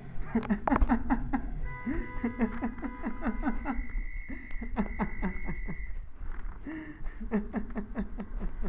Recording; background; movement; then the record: laughter; traffic; sitting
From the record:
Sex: male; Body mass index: 21.0 kg/m2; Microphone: on the chest, facing the body